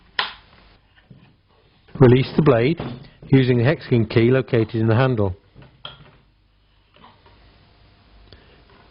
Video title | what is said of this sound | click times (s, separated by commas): GKT 55 GCE Professional | pivot the sword down until it clicks into the locked position | 0.2 s